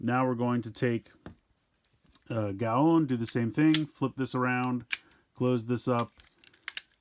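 A plastic toy figure piece from the DX Zenryoku Zenkai Cannon set, the Gaon figure, is flipped around and closed up toward its transformed position while someone talks. Faint plastic handling taps come around 1.9 to 2.2 seconds, and a few sharper small clicks near 6.5 to 6.8 seconds. Nothing has seated or clicked into place yet.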